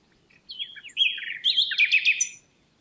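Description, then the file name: Common nightingale giving one dense phrase of varied whistled and buzzy notes, lasting about two seconds. "Luscinia megarhynchos"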